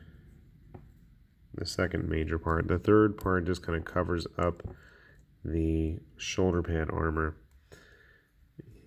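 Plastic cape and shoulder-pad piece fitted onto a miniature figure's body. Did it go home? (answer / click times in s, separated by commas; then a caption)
yes / 8.6 s. Someone talks while pressing the third plastic piece of the cape and shoulder-pad armor onto the assembled body of a Games Workshop Abaddon the Despoiler miniature. A short snap is heard at 8.6 s as the piece seats into place.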